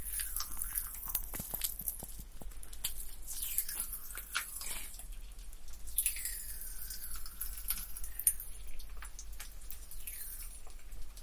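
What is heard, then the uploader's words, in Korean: Popping candy crackles and fizzes steadily with dense tiny bright pops, sharper snaps scattered throughout, over a low constant hum. 톡톡톡 팝핑캔디 eating sound. 이번에는 소니 핀마이크로 가져왔어요.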